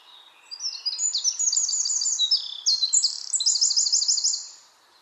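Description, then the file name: Eurasian wren pouring out a long, piercing string of quick high notes and trills, loud and unbroken for around four seconds. "Troglodytes troglodytes"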